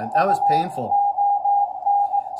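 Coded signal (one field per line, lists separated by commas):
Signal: Morse code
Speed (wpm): 18 wpm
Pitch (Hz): 810 Hz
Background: speech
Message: U ON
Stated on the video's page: Contact with a POTA station in Ontario on 20 meters using a Xiegu X6200 after a firmware upgrade.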